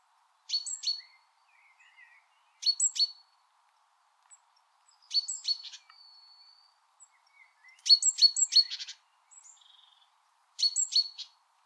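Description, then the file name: Great tit calls: bright, high, down-stepping notes in short bursts repeated every couple of seconds, with a brief buzzy rattle partway through. "Parus major"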